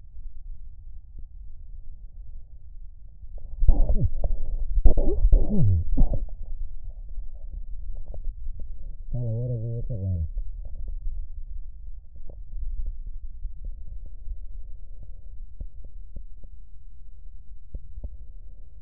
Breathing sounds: lung sounds by stethoscope; right posterior basal chest; quiet breathing, then cough and speech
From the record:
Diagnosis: interstitial lung disease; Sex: male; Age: 61 years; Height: 172 cm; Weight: 71 kg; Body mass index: 24.0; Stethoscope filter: extended mode

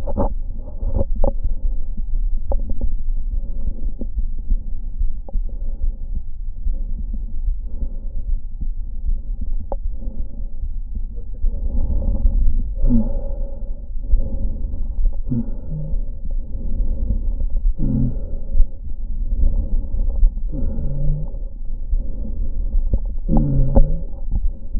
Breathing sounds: lung sounds by stethoscope; right anterior apical chest; quiet breathing, then deep breathing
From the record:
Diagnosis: interstitial lung disease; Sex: female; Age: 72 years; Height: 153 cm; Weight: 71 kg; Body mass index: 30.3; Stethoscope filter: diaphragm mode

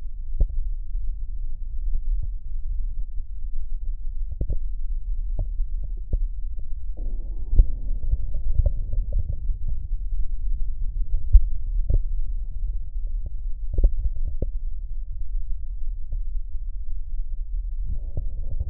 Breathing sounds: lung sounds by stethoscope; left posterior basal chest; quiet breathing, then deep breathing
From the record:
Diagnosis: COPD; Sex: male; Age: 59 years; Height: 171 cm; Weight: 91.4 kg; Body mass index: 31.3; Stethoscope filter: extended mode

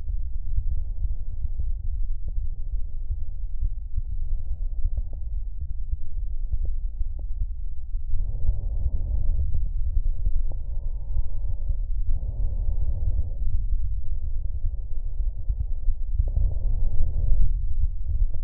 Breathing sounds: lung sounds by stethoscope; right anterior apical chest; quiet breathing, then deep breathing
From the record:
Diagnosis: interstitial lung disease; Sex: female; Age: 60 years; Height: 152 cm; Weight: 55.9 kg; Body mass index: 24.2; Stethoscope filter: extended mode

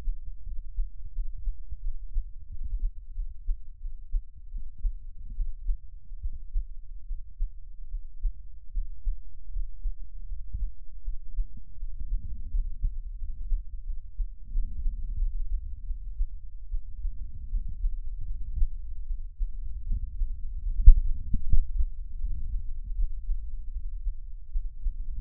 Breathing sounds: lung sounds by stethoscope; right anterior apical chest; quiet breathing, then deep breathing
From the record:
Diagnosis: none (healthy); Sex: male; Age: 29 years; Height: 180 cm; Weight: 100 kg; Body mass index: 30.9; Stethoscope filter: bell mode

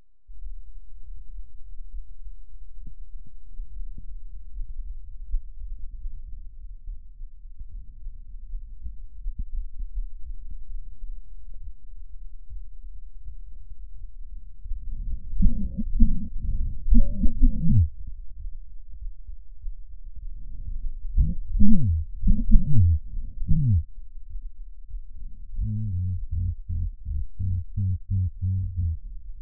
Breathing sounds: lung sounds by stethoscope; left anterior apical chest; quiet breathing, then cough and speech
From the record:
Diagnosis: none (healthy); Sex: male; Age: 34 years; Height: 174 cm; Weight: 93 kg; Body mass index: 30.7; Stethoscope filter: bell mode

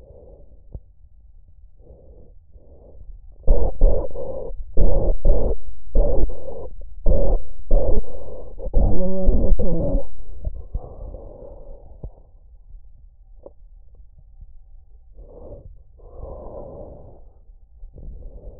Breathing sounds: lung sounds by stethoscope; trachea; quiet breathing, then cough and speech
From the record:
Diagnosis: asthma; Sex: female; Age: 77 years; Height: 160 cm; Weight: 68.7 kg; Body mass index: 26.6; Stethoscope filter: extended mode

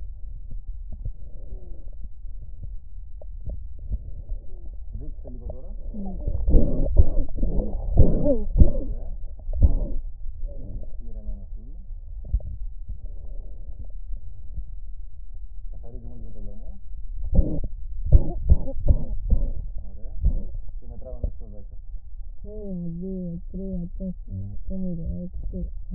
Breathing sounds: lung sounds by stethoscope; right posterior basal chest; quiet breathing, then cough and speech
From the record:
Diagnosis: asthma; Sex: female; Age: 56 years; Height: 161 cm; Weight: 85 kg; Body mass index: 32.8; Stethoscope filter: extended mode

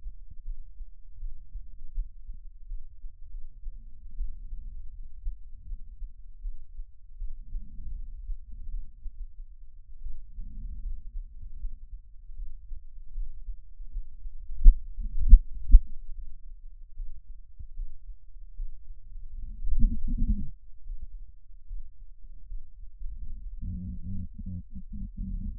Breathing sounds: lung sounds by stethoscope; right anterior apical chest; quiet breathing, then cough and speech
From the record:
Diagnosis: COPD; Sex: female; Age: 72 years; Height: 156 cm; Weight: 72 kg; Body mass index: 29.6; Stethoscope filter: bell mode

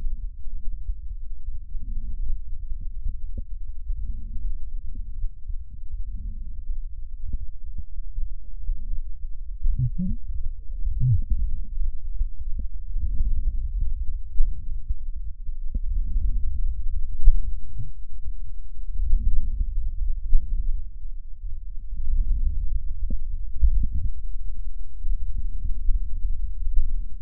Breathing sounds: lung sounds by stethoscope; left posterior basal chest; quiet breathing, then deep breathing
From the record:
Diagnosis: COPD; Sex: female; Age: 80 years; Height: 160 cm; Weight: 62 kg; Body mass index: 24.2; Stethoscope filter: bell mode

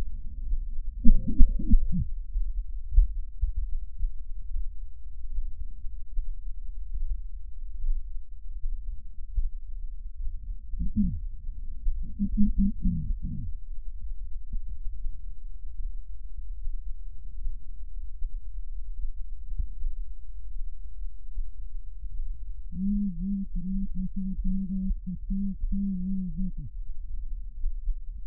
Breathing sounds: lung sounds by stethoscope; right posterior basal chest; quiet breathing, then cough and speech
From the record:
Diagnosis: pulmonary infection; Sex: female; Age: 74 years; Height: 160 cm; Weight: 66 kg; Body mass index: 25.8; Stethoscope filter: bell mode

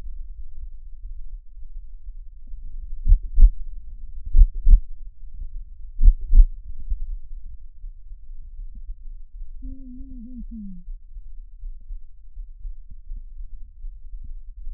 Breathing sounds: lung sounds by stethoscope; left anterior apical chest; quiet breathing, then cough and speech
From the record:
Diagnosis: interstitial lung disease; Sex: male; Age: 47 years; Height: 159 cm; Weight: 66.8 kg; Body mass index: 26.4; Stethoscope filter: bell mode

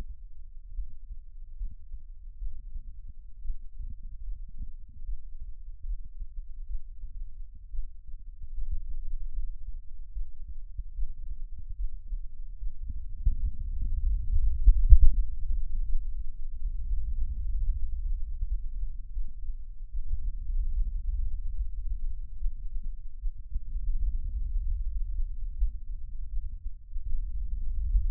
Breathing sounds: lung sounds by stethoscope; right anterior apical chest; quiet breathing, then deep breathing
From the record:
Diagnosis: pulmonary infection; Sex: male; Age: 86 years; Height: 165 cm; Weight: 65 kg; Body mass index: 23.9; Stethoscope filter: bell mode

